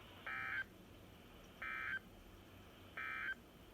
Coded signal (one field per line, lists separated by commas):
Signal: Emergency Alert System (SAME) tones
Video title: 8 Winter storm warnings EAS#429 - 436 From: 1/30/ 21